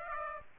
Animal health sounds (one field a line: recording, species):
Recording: mosquito wingbeat signal from an infrared sensor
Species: Aedes aegypti